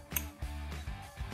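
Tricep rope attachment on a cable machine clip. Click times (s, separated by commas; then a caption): 0.2 s. A tricep rope attachment is pressed onto the metal clip of a cable machine until the clip snaps shut with a sharp click at 0.2 s, seating the rope. Steady low tonal music plays underneath throughout.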